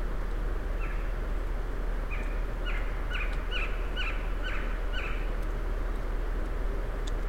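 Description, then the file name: Western screech owl giving a short series of several clipped hoots over about four seconds, above a steady low rumble of background noise. Recorded 31 October 2008 at 07:34. "20081031 western screech-owl 0734"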